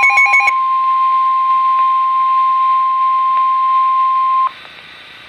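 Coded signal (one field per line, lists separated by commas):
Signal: Emergency Alert System (SAME) tones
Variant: 1050 Hz attention tone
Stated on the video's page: Special Marine Warning EAS alert recorded on a Samsung Galaxy S III phone.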